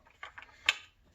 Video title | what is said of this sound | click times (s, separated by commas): CAA MCK Enhanced Charging Handle Installation Guide | and then just slide the brace over you'll hear it pop | 0.7 s